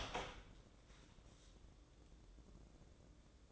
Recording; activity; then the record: daily activity, microphone in the room; open door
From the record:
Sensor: 3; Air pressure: 1012.3 hPa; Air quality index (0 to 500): 177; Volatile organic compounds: 3 ppm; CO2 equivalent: 1356 ppm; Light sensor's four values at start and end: 530/1316/542/550 and 527/1309/539/546